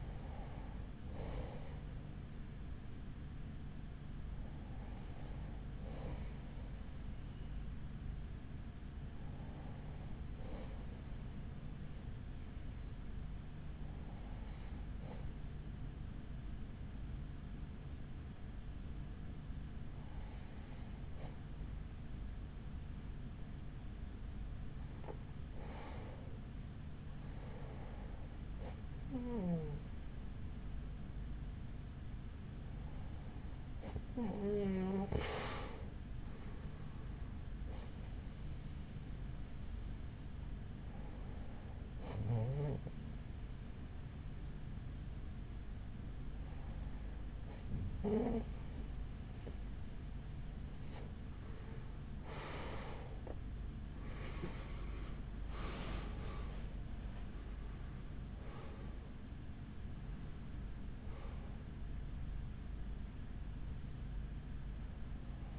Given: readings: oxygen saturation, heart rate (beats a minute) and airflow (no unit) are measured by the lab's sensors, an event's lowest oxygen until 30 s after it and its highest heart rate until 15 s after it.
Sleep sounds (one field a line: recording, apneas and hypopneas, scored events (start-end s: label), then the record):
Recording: breathing in sleep by a smartphone at the bedside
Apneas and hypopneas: 1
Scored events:
35.00-56.60 s: hypopnea (N1, oxygen 94% highest, then 93% lowest, heart rate 38 at the start, 60 highest)
From the record:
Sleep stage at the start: N1 (lightest sleep)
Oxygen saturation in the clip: 93 to 95%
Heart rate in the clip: 38 to 60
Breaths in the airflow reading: 15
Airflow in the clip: -8.2 to 9.4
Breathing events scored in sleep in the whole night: 207 in 7.6 hours asleep